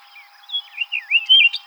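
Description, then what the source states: Orchard oriole song, a short rush of wavering slurred whistles building to a louder, jumbled finish. Recorded 7 July 2007.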